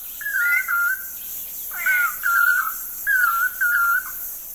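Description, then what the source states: Lance-tailed Manakin calls: three clear whistled calls with wavering pitch, spread across a few seconds. Alpha and beta males performing cooperative courtship.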